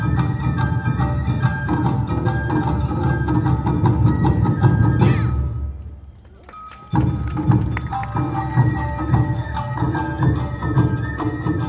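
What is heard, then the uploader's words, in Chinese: An Awa Odori dance troupe performs at Songshan Ciyou Temple, a dense, steady wash of drums, bells and high flutes. Around five seconds the music fades into a brief near-silence with a few taps, then it bursts back in at full loudness near seven seconds and carries on. 東京高圓寺阿波舞團來台展演。阿波舞團在台展演。台北市松山區的松山慈祐宮。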